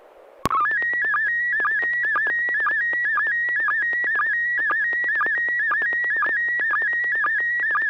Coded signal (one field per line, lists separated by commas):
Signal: SSTV (slow-scan television)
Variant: PD 120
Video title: N6NA SSTV Net - 10/06/2021